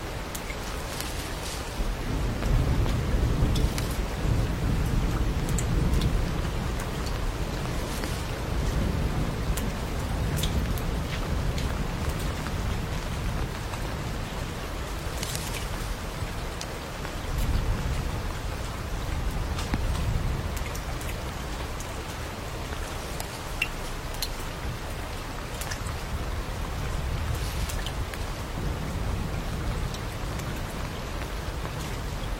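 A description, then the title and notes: Rain falls steadily over rustling bamboo, a dense, even patter with a soft low rumble underneath. Sharper drips and knocks land every few seconds, brighter ticks standing out near 15 and 27 seconds, while gusts swell the rustle around 3, 10 and 20 seconds. Sitting lazily in the bamboo forest hut in the secret place, lying on the window sill, looking at the bright moon, the sound of bamboo rustling in the rain is so healing.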